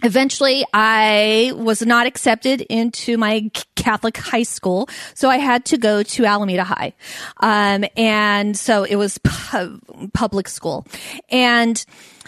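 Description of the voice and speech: An adult woman who stutters speaks in steady, clear phrases, broken by several held-out vowels and final sounds and drawn-out 'um' fillers between phrases. These prolongations and hesitations fit mild stuttering in otherwise fluent speech.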